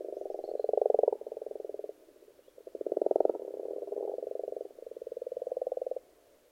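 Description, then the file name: Frogs calling together in overlapping rattling croaks, loud bursts around one and three seconds, then steady pulsed trilling before fading. Several frogs calling in a pond. "benboncan frogs-in-a-pond"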